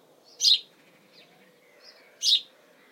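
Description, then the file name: House sparrow chirps, two short bright notes nearly two seconds apart, with faint softer chirps between them and a quiet background. Calls of house sparrow, chirps, Suffolk, UK, in spring. "Bird House Sparrow UKSuffolk Spring Calls Chirp"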